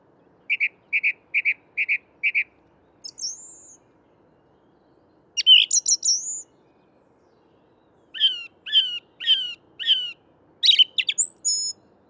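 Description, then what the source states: Song Thrush song, opening with five identical short whistles, then a slurred high note, sharp squeaky phrases, and a run of repeated chirping notes, faint hum beneath. Recorded at dawn, 5 March 2021, in a Paris park woodland, mono via Nagra recorder and parabolic microphone; song a little higher than blackbird's, phrases of notes repeated 3–6 times, faster rhythm.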